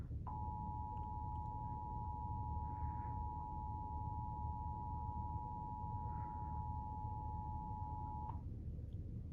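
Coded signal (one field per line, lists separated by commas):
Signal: Emergency Alert System (SAME) tones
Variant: 853 and 960 Hz attention tone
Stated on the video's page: Kansas statewide Required Monthly Test received via Cox Communications cable.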